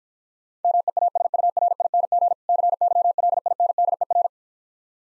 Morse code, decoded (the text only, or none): MEASURING CYLINDER